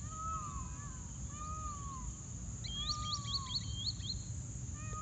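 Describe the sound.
Green Sandpiper calls: a quick burst of high, rising whistled notes about halfway through, with another bird's lower slurred whistles and a steady low rumble throughout.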